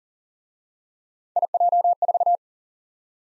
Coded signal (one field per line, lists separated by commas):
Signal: Morse code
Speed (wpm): 37 wpm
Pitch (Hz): 700 Hz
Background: none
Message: IJ4